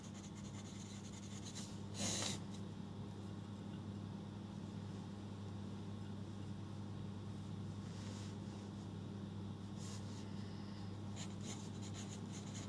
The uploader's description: going through my notes and re-writing stuff